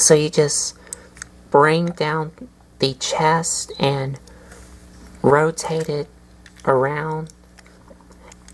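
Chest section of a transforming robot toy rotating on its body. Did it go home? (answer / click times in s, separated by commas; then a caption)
no / none. Someone talks while the plastic chest section of a transforming robot toy is brought down and rotated around on its body. Only faint handling taps are heard near the end, and nothing has clicked or locked into place.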